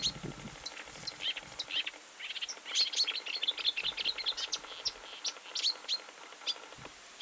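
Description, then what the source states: Marsh warbler singing a fast, continuous jumble of scratchy chirps, buzzy notes and clear whistles, varying constantly without a set pattern. Recorded on 10 July 2019.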